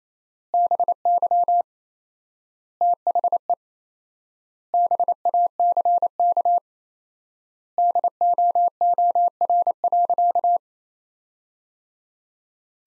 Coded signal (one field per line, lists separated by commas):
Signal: Morse code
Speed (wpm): 28 wpm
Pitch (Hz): 700 Hz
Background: none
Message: BY THE BACK DOOR.